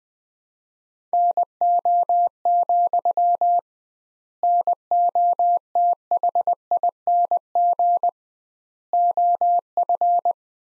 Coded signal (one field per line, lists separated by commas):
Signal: Morse code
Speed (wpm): 20 wpm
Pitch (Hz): 700 Hz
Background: none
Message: NO, NOTHING OF